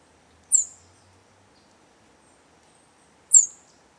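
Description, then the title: Bird uttering two thin, high-pitched descending chirps nearly three seconds apart, with quiet background between them. "LuckyPassaro Completos2Sama"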